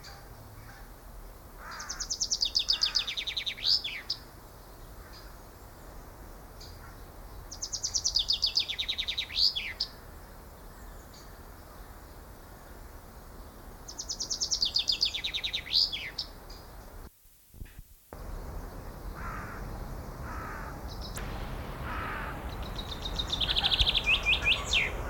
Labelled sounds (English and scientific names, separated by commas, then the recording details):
Common Chaffinch (Fringilla coelebs)
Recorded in the wild
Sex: male
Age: adult
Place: Münchner Tierpark Hellabrunn, Bayern, DE
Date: 1995-05-27
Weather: wolkig, 15°C
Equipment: Marantz CP 430, Sennheiser ME 80, Kopie Uher 4000 Report Monitor
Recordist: Tembrock, Günter